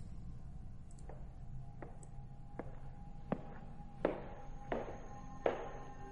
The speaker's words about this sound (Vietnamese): Giống như là tiếng bước chân tập tễnh của người già, Lưu Học Minh nhìn qua một con hẻm nhỏ bên cạnh, lờ mờ không có ánh đèn. Tiếng bước chân từ đó truyền ra, từ xa lại gần.